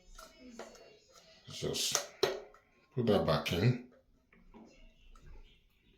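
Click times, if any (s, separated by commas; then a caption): 4.3 s. After the seal is replaced, a plastic Ideal Standard toilet cistern valve component is pushed back into its valve assembly while someone talks. It clicks into place at 4.3 s and is seated.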